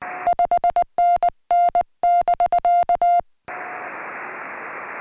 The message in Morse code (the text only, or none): 5NN <BK>